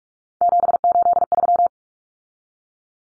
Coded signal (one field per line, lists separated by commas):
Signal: Morse code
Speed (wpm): 44 wpm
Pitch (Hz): 700 Hz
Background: none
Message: 783